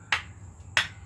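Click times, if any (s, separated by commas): 0.1 s, 0.8 s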